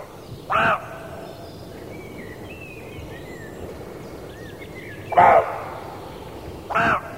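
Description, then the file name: Roe deer giving three harsh single barks, the first well apart from the last two, which come close together, with thin bird whistles and chirps in the background. Male roe deer (buck). "srnec"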